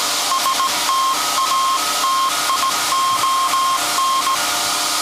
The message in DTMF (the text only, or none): none